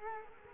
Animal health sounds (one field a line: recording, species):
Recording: mosquito wingbeat signal from an infrared sensor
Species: Culex quinquefasciatus